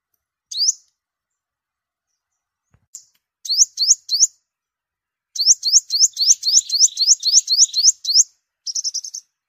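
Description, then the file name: Sunbird calls: high rising chirps, first spaced apart, then quickening into a rapid run of many notes, ending in a short buzzy burst. "tieng-hut-mat-5-mau-liu"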